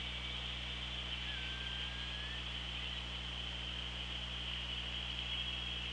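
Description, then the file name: Killer whale: orca call, a single drawn-out tonal note gliding slowly upward for about a second over steady hydrophone hiss. Recorded on the OrcaLab hydrophone, 24 August 2017, at 16:52. "Orca Lab 20170824 165228"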